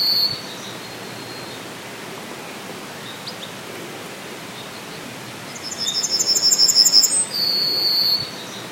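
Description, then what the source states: Yellowhammer singing after a quiet stretch: a burst of fast, repeated high notes followed by a sustained lower note, with steady faint hiss throughout. Songs recorded at the edge of a town on 17 July 2020.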